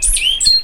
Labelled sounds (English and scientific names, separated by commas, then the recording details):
Stitchbird (Notiomystis cincta) song
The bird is a male
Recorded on Tiritiri Matangi Island, New Zealand, in 2005
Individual 10, of nest box 12